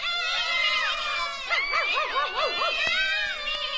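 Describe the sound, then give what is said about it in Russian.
Several voices imitate cats, letting out loud, drawn-out meows that overlap and waver up and down in pitch, with a few shorter rising and falling mews toward the end; patients in a hospital, among them Shpuntik, meowing. “Кто сказал мяу?”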